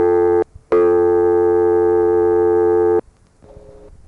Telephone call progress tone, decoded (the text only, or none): dial tone